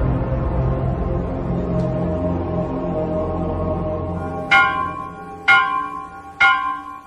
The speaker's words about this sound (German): der frühen Christenheit ist das Glockenläuten Signal zur Abwehr heidnischer Dämonen.